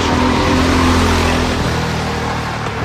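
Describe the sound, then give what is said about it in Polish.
Small go-kart engines rev loudly on the Bukowy track, a continuous buzzing drone whose pitch holds steady, then drops partway through before settling into a lower hum. No one speaks. “Z dwóch kółek przesiadamy się na cztery. Jesteśmy na torze Bukowy.”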